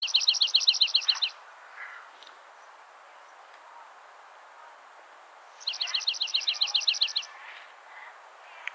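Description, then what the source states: Dark-eyed junco (white-winged): dark-eyed junco giving a fast, even trill of high chipped notes, heard twice about five seconds apart, with faint softer chips between. White-winged subspecies (aikeni) of the dark-eyed junco.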